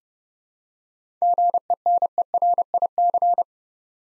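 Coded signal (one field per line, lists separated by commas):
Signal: Morse code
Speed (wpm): 28 wpm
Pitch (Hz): 700 Hz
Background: none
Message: GENERIC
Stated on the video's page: Morse practice set sending 7-letter words at 30 wpm for head-copy training.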